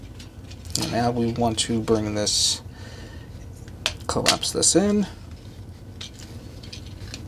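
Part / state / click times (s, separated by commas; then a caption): collapsing plastic section into action figure body / not seated / none. During transformation of a Transformers Generations War for Cybertron Trilogy Netflix Kingdom Spoiler Pack Megatron action figure, a plastic section is collapsed into the figure's body while someone talks. Brief handling knocks are heard, sharpest around 0.8 s and 3.9 s. The clip ends before the part goes home, and nothing has seated or clicked yet.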